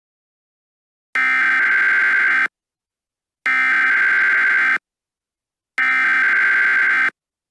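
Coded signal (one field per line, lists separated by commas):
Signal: Emergency Alert System (SAME) tones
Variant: header bursts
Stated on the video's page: Fictional EAS scenario, finale of a story series.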